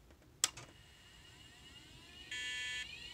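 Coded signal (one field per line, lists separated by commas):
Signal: beep code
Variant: PC BIOS POST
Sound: a click, a rising whine, then one steady buzzy beep about half a second long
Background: power click, fan whine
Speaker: i've completely removed all the ram let's see what happens now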